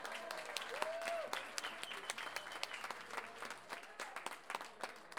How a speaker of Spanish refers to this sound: Le vamos a dar un aplauso cuando yo lo mencione.